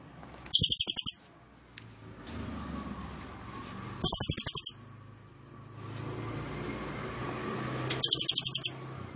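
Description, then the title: Cililin song: three brief high rattling trills spaced about four seconds apart, over a low continuous hum and rumble. Birdsong used to train caged birds; song style named trorol, described as konslet and gacor. "Cililin AMPUH. Cililin Trorol Konslet Gacor Banget"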